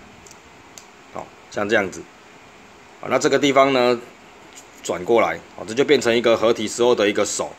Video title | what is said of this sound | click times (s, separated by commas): F.toys 新幹線變形機器人盒玩 黃色醫生 新幹線変形ロボ シンカリオンドクターイエロー Shinkarion Doctor Yellow | 然后这边呢拉它也会有咔一声，好， | 0.8 s, 1.2 s